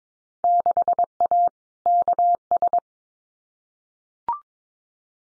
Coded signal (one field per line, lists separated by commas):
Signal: Morse code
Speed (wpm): 22 wpm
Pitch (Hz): 700 Hz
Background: none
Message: 6A KS